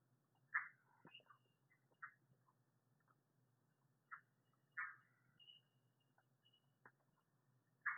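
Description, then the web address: Red-eyed tree frog making sharp single clucks spaced a second or more apart, with a few quieter ticks between them over soft hum. "Agalychnis callidryas"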